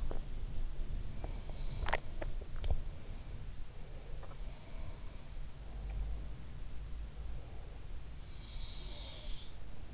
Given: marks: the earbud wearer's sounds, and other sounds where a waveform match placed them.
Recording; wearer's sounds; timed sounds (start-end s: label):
sounds in sleep by an in-ear microphone; swallowing, teeth grinding
0.00-0.45 s: swallowing
1.07-2.10 s: teeth grinding
1.78-2.75 s: swallowing
8.47-9.71 s: sound from someone else or the room